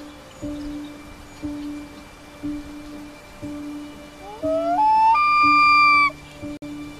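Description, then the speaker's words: Common Loon wail: a long mournful note sliding upward, then held steady before breaking off, over soft rhythmic musical tones. Prolonged howl. "having come up 50 rods off, he uttered one of those prolonged howls, as if calling on the god of loons to aid him."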